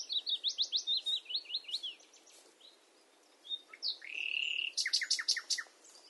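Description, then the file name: Common nightingale song: a run of quick repeated down-slurred chirps, a pause, a long pure whistle, then sharp rapid notes. "Luscinia megarhynchos"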